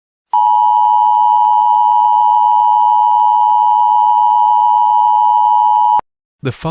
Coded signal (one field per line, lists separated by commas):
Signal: Emergency Alert System (SAME) tones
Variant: 853 and 960 Hz attention tone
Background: speech